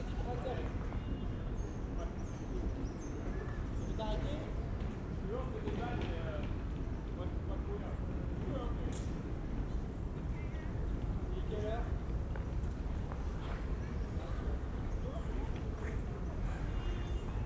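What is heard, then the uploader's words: Outdoor ambience in a park near tennis courts, a dense steady wash of many voices talking with no single speaker standing out. A low rumble of traffic runs underneath throughout, with occasional brief chirps and sharp clicks scattered across it. Jardin Du Luxembourg by the tennis courts. Instead I enjoyed positioning myself on a bench between a game of tennis. The tennis courts are behind me and in front we have rows of trees.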